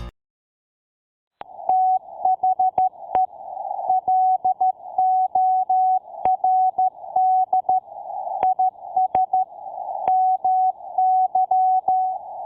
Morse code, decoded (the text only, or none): THE LORD IS MY